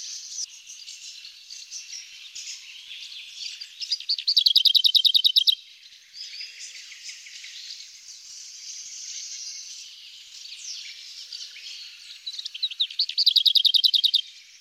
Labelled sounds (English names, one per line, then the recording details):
Lesser Whitethroat song
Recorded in the wild
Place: Nagyivan / Hortobagy, HU
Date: 1988-05-06
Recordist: Schwarz, Dieter
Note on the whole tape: Song